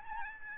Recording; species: mosquito wingbeat signal from an infrared sensor; Aedes albopictus